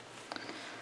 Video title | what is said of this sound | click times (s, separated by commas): Unboxing - Review of The Woobles Learn to Crochet Kits | I'm not really sure I mean I heard it snap it looks like yep okay that looks like it's on | 0.3 s, 0.4 s